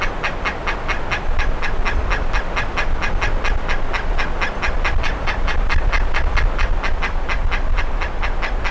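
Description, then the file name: Bird repeats sharp, grating notes in a fast, regular rhythm throughout, with a deep steady rumble underneath. "SABIOD 50 bird 2015"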